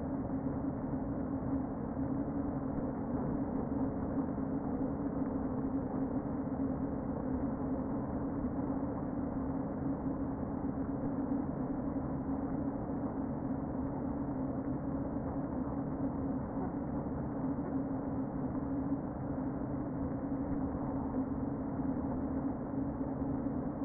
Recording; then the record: honeybee colony, microphone inside the hive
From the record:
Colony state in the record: queen present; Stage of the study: before two queens were removed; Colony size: about 60,000 bees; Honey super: yes